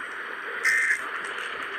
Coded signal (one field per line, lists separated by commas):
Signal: Emergency Alert System (SAME) tones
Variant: end-of-message bursts